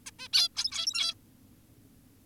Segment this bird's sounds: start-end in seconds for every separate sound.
0.07-0.11, 0.19-0.28, 0.33-0.49, 0.57-1.15